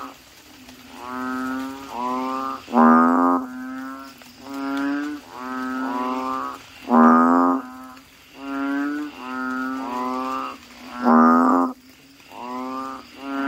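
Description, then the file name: Asian common toad calling in a long run of short, buzzy, harmonic bleats, some louder and harsher, following each other almost without pause. "suara kodok bangkong"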